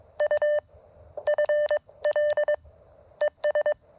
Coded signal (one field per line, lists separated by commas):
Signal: Morse code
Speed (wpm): 22 wpm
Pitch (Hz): 590 Hz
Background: none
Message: U FL ES